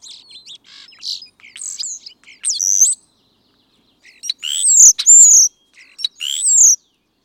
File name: European Starling